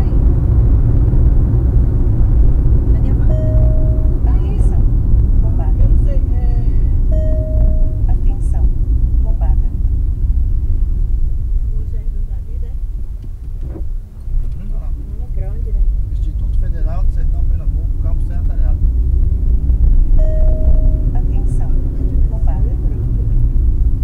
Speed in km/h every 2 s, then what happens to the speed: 105, 86, 61, 50, 33, 12, 12, 22, 33, 45, 53, 36.
0-10 brakes to 12. 12-19 speeds up to 53. 19-24 slows to 36.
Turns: none.